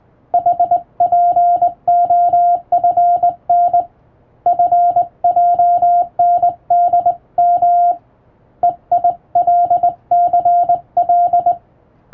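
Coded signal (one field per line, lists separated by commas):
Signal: Morse code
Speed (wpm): 20 wpm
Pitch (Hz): 700 Hz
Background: music, radio noise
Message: HPOFN FJNDM EILCL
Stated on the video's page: Hand-keyed practice sending of international Morse telegram texts from a telegram practice book by a first-class radiotelegraph operator.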